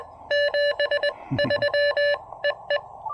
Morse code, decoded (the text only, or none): 73 EE